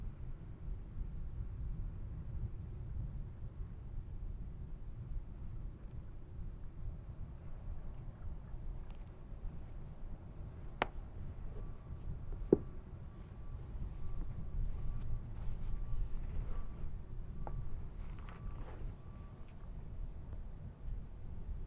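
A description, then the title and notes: A constant low rumble of traffic fills an open stretch of ground at the edge of town, steady and heavy in the bass. Sharp clicks or knocks land near 11 and 12.5 seconds, and a faint intermittent beeping runs from about 12 to 20 seconds. Manzanita Barren - Montclair, CA. Zoom H6. Magnetic Microphone Mounts.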